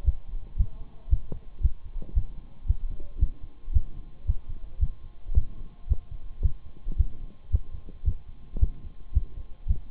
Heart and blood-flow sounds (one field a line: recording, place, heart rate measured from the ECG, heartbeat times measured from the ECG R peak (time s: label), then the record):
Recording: heart sounds by stethoscope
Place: between the tricuspid and mitral areas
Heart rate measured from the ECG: 112 bpm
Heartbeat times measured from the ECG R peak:
0.06 s: heartbeat
0.58 s: heartbeat
1.10 s: heartbeat
1.62 s: heartbeat
2.15 s: heartbeat
2.68 s: heartbeat
3.21 s: heartbeat
3.74 s: heartbeat
4.27 s: heartbeat
4.81 s: heartbeat
5.35 s: heartbeat
5.89 s: heartbeat
6.43 s: heartbeat
6.98 s: heartbeat
7.52 s: heartbeat
8.06 s: heartbeat
8.61 s: heartbeat
9.14 s: heartbeat
9.69 s: heartbeat
From the record:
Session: Bruce protocol treadmill stress test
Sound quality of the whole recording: partially saturated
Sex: male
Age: 23 years